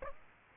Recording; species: mosquito wingbeat signal from an infrared sensor; Aedes aegypti